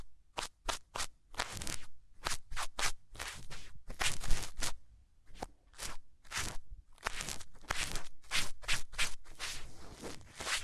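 Hands rubbing over ears make bursts of crunchy, rustling friction, coming in quick irregular strokes throughout with brief quiet gaps between.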